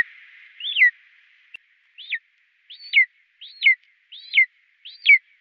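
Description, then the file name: Golden eagle giving six high, down-slurred whistled yelps, the first followed by a gap of over a second, then about one every 0.7 seconds, after a brief faint hiss at the start. "steinadler"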